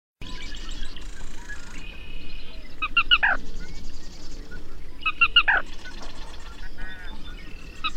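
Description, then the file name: Black rail song: short clusters of ringing notes sliding sharply downward, given twice about two seconds apart, over buzzy trills and ticking sounds. "Canto da sana preta"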